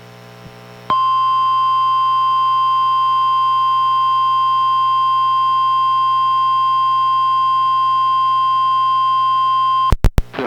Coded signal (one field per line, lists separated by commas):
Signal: Emergency Alert System (SAME) tones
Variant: 1050 Hz attention tone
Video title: EAS #1126: NWR Special Marine Warning- Oct. 26, 2025- 3:52AM PDT